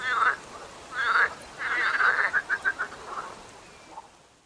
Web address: seefrosch. rufen jetzt die froesche im taevsmoor